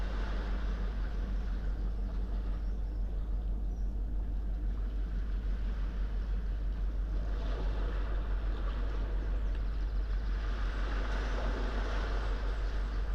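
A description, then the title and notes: A smooth sea at sunrise, heard at the water's edge: a steady, dense wash of sound over a deep, constant rumble. The water swells gently and brightens around the eighth second and again near the end, with no sharp breaks or distinct splashes. Early morning below Nothe Fort. The sound-scene is of a smooth, sunrise sea, heard from a tree, growing up out of a bundle of boulders, close to the water's edge. It's early April, and just after daybreak.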